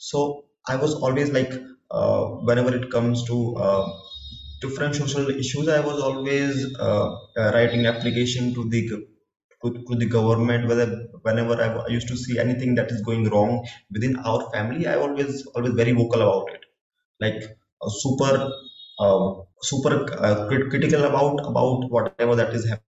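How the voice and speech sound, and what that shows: Adult male speaker who has stuttered since childhood, speaking with stuttering: words and phrases are repeated and speech is broken by pauses.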